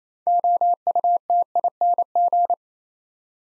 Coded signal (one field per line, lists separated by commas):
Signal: Morse code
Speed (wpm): 28 wpm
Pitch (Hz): 700 Hz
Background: none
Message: OUTING